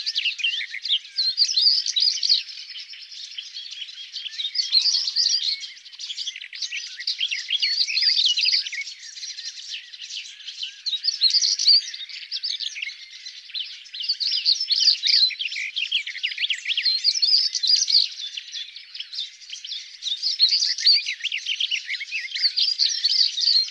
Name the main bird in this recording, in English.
European Stonechat